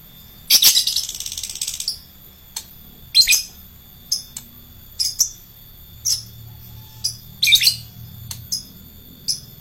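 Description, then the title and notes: Lovebird calls opening with a long rapid chattering burst, followed by scattered shrill chirps and softer ticks. Adult fighter-type lovebird. "LOVEBIRD FIGTER. Lovebird Dewasa"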